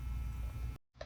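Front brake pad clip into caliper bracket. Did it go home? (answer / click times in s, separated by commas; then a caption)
no / none. A metal front brake pad clip is pressed into the front caliper bracket of a 2018 Ford Transit 350HD during a front brake pad replacement. A steady low rumble runs to about 0.8 s, drops to near silence, then a brief sharp tick sounds at 1.0 s. The clip is being handled but has not seated or clicked into place yet.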